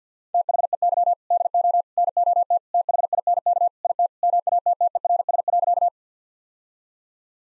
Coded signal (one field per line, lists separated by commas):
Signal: Morse code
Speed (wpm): 50 wpm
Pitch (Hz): 700 Hz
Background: none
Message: THEY DO NOT THINK IT MATTERS.